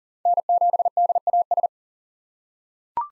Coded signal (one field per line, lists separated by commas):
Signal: Morse code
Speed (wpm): 40 wpm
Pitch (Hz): 700 Hz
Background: none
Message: N7DAS